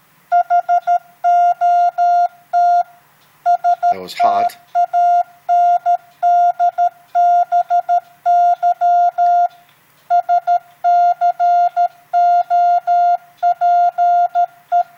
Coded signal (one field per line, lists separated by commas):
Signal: Morse code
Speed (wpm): 13 wpm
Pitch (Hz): 700 Hz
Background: speech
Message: HOT STANDBY SCOPE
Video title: MFJ Pocket Morse Code Tutor